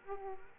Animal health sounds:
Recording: mosquito wingbeat signal from an infrared sensor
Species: Aedes aegypti

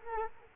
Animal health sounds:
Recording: mosquito wingbeat signal from an infrared sensor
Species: Culex quinquefasciatus

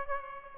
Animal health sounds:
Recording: mosquito wingbeat signal from an infrared sensor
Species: Aedes aegypti

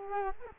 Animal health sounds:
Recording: mosquito wingbeat signal from an infrared sensor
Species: Culex quinquefasciatus

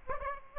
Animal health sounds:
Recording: mosquito wingbeat signal from an infrared sensor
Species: Aedes aegypti

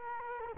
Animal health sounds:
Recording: mosquito wingbeat signal from an infrared sensor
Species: Culex quinquefasciatus

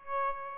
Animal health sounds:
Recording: mosquito wingbeat signal from an infrared sensor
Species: Aedes albopictus

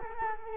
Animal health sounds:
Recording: mosquito wingbeat signal from an infrared sensor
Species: Culex quinquefasciatus

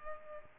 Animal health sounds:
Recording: mosquito wingbeat signal from an infrared sensor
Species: Culex pipiens

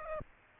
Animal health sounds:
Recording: mosquito wingbeat signal from an infrared sensor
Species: Aedes aegypti

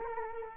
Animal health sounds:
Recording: mosquito wingbeat signal from an infrared sensor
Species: Culex quinquefasciatus

